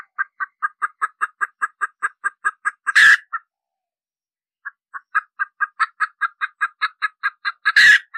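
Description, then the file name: Red junglefowl hen giving rapid repeated clucks that end in a harsh squawk, then a brief silence before the clucking builds again to a second squawk. Hen cackling (cục tác) after laying an egg. "Tieng ga mai rung cuc tac de"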